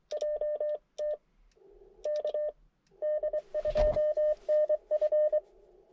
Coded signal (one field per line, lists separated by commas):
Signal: Morse code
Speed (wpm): 24 wpm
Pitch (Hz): 600 Hz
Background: none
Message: JT KD2NF